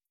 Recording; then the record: hydrophone in a shrimp aquaculture tank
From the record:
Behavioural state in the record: starved